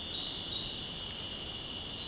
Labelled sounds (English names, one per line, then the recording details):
none
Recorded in dense forest near Puerto Asís, Putumayo, Colombia, on 23 June 2025 at 00:00
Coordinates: 0.499, -76.324
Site G100